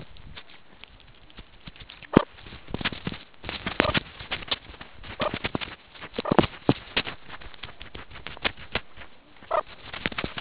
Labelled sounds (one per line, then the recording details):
meerkat close call
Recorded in the Kuruman River Reserve, South Africa
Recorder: an audio tag on a meerkat's collar